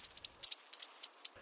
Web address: Birdnote. Bushtits